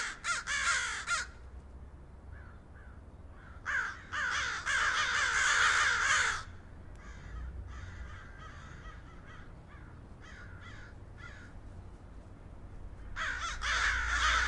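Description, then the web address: Crows cawing in loud, harsh bursts at the start, middle and end, with quieter scattered caws between them. Crow calls used as a ringtone. "wrony"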